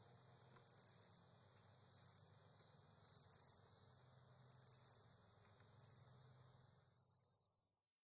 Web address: The Songs of Insects. Woodland Meadow Katydid